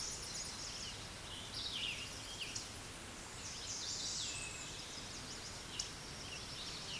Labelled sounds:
Chestnut-sided Warbler (Setophaga pensylvanica) song
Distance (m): 35 m
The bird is about 15 m above the microphone
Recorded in a Pennsylvania forest on 16 May 2024 at 07:59
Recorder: AudioMoth, point MSD-1368
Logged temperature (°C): 12.5 °C
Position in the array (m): 9 m, 18 m

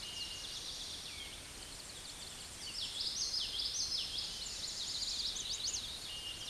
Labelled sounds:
Common Yellowthroat (Geothlypis trichas) song
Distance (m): 25 m
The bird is about 5 m above the microphone
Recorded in a Pennsylvania forest on 16 May 2024 at 08:02
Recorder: AudioMoth, point MSD-2453
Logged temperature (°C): 16.3 °C
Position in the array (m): 229 m, 180 m

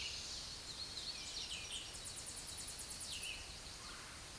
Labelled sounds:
Red-eyed Vireo (Vireo olivaceus) song
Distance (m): 35 m
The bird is about 30 m above the microphone
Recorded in a Pennsylvania forest on 16 May 2024 at 07:18
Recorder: AudioMoth, point MSD-1892
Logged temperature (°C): 14.5 °C
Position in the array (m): 105 m, 75 m

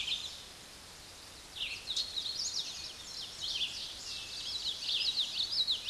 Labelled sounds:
Hooded Warbler (Setophaga citrina) song
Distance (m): 15 m
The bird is about 5 m above the microphone
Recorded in a Pennsylvania forest on 16 May 2024 at 06:29
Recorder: AudioMoth, point MSD-2258
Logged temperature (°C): 15.2 °C
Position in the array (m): 143 m, 89 m

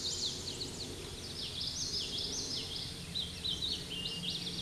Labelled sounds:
Common Yellowthroat (Geothlypis trichas) song
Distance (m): 25 m
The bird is about 5 m above the microphone
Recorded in a Pennsylvania forest on 16 May 2024 at 08:06
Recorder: AudioMoth, point MSD-2453
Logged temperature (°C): 16.3 °C
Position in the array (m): 226 m, 181 m

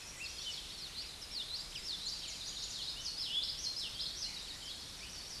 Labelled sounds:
Common Yellowthroat (Geothlypis trichas) song
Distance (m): 30 m
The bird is about 10 m above the microphone
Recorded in a Pennsylvania forest on 16 May 2024 at 08:20
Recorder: AudioMoth, point MSD-1418
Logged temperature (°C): 16.4 °C
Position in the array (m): 236 m, 173 m

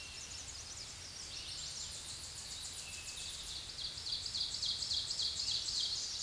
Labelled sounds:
Ovenbird (Seiurus aurocapilla) song
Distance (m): 5 m
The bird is about level with the microphone
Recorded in a Pennsylvania forest on 16 May 2024 at 06:07
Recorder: AudioMoth, point MSD-2131
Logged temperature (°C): 14.8 °C
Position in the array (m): 41 m, 23 m

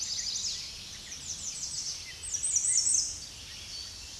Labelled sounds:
American Redstart (Setophaga ruticilla) song
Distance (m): 25 m
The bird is about 15 m above the microphone
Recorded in a Pennsylvania forest on 16 May 2024 at 07:00
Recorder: AudioMoth, point MSD-0230
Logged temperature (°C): 15.3 °C
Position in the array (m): 50 m, 231 m

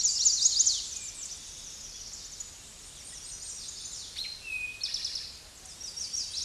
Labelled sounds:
Eastern Towhee (Pipilo erythrophthalmus) song
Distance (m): 10 m
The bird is about level with the microphone
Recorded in a Pennsylvania forest on 16 May 2024 at 08:23
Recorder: AudioMoth, point MSD-1405
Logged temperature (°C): 15.6 °C
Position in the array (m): 170 m, 190 m

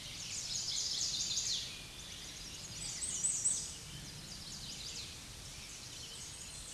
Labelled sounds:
American Redstart (Setophaga ruticilla) song
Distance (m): 25 m
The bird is about 10 m above the microphone
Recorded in a Pennsylvania forest on 16 May 2024 at 06:53
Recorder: AudioMoth, point MSD-0019
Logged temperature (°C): 16.7 °C
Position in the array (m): 49 m, 226 m

